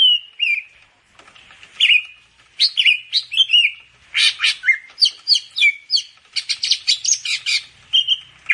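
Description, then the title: Grey-cheeked bulbul song of scratchy chirps and whistled slurs, starting sparse, then becoming dense and rapid toward the end. "Kicau Burung Cucak Jenggot"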